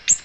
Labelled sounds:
Ovenbird (Seiurus aurocapilla) flight call

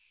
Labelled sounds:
American Redstart (Setophaga ruticilla) flight call

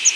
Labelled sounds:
Palm Warbler (Setophaga palmarum) flight call

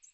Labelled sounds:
American Redstart (Setophaga ruticilla) flight call

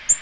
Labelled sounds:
Black-throated Green Warbler (Setophaga virens) flight call

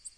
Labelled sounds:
Tennessee Warbler (Leiothlypis peregrina) flight call

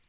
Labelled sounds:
Black-throated Blue Warbler (Setophaga caerulescens) flight call

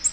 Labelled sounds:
Nashville Warbler (Leiothlypis ruficapilla) flight call

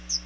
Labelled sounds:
Chestnut-sided Warbler (Setophaga pensylvanica) flight call

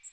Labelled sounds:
Magnolia Warbler (Setophaga magnolia) flight call

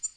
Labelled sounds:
Black-throated Green Warbler (Setophaga virens) flight call

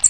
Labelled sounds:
American Redstart (Setophaga ruticilla) flight call

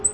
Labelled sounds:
Black-throated Green Warbler (Setophaga virens) flight call

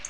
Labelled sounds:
Black-throated Blue Warbler (Setophaga caerulescens) flight call

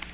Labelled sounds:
Black-throated Green Warbler (Setophaga virens) flight call

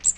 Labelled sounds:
Magnolia Warbler (Setophaga magnolia) flight call

